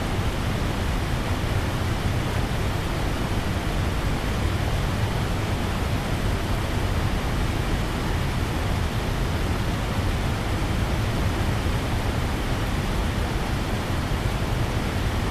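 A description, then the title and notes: A distant waterfall gives off a steady, dense rumble that stays unchanged for the whole stretch, with no separate splashes or events. The sound sits low and full, with a softer hiss spread evenly above it, like far-off rushing water heard from a distance. Distant Waterfall Rumble.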